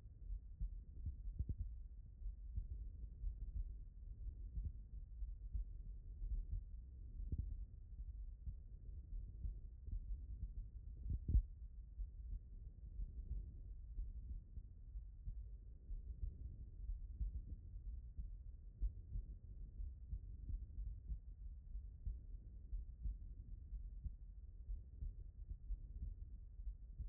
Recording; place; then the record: heart sounds by stethoscope; tricuspid valve (TV)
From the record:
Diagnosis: non-HFrEF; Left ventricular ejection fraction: 52%